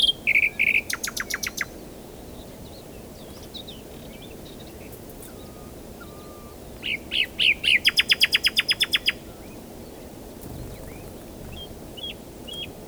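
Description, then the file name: Common nightingale song: a short buzzy rattle, a long pause with faint soft notes, then rising chirps and a loud, rapid, churring rattle. "Luscinia megarhynchos"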